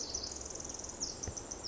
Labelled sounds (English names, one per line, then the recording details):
Pacific Wren
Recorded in Sonoma County, California